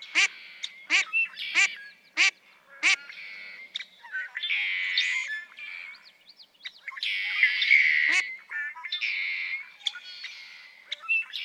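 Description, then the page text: Mallard quacks, five rough nasal notes in quick succession at the start, then mostly other birds' twittering and chirping songs. Female quacking persistently for minutes on end; recorded March 18, 2017, at Harmony Headlands State Park, Cayucos, California. "Birdsong for the Curious Naturalist. Mallard"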